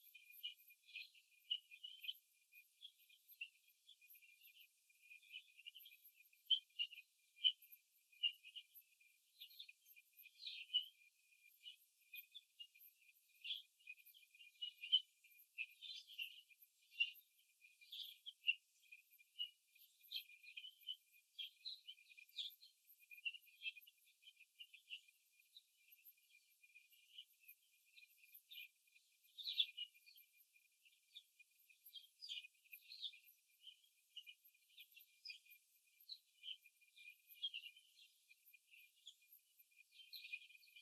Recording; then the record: young laying hens in a cage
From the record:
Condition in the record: before the stressor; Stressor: simulated dog barking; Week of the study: 2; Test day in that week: 3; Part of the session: 1